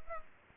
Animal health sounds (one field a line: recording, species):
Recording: mosquito wingbeat signal from an infrared sensor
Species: Culex pipiens